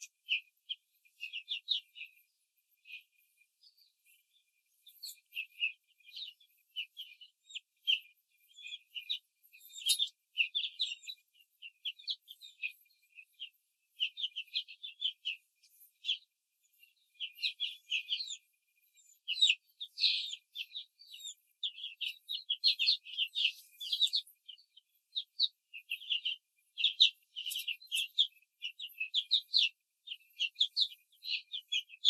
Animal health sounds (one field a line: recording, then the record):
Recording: young laying hens in a cage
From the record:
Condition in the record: control cage, after the stress test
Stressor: none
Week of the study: 4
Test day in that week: 1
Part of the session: 3